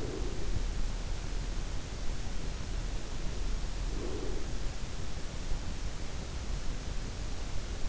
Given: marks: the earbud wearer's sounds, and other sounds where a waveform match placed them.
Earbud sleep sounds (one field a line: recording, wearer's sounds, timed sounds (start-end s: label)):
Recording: sounds in sleep by an in-ear microphone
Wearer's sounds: breath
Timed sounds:
0.00-1.15 s: breath
3.97-5.16 s: breath